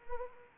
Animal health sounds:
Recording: mosquito wingbeat signal from an infrared sensor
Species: Anopheles arabiensis

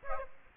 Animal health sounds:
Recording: mosquito wingbeat signal from an infrared sensor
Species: Aedes aegypti

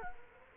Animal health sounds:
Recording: mosquito wingbeat signal from an infrared sensor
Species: Culex quinquefasciatus

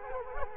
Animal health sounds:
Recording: mosquito wingbeat signal from an infrared sensor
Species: Culex quinquefasciatus

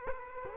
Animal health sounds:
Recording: mosquito wingbeat signal from an infrared sensor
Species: Culex quinquefasciatus

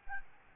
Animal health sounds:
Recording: mosquito wingbeat signal from an infrared sensor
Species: Aedes albopictus

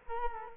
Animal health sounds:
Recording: mosquito wingbeat signal from an infrared sensor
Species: Culex quinquefasciatus

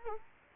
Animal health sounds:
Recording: mosquito wingbeat signal from an infrared sensor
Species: Culex quinquefasciatus

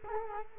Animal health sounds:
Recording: mosquito wingbeat signal from an infrared sensor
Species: Culex quinquefasciatus

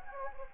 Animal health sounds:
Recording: mosquito wingbeat signal from an infrared sensor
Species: Anopheles gambiae

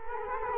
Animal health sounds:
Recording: mosquito wingbeat signal from an infrared sensor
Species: Culex quinquefasciatus

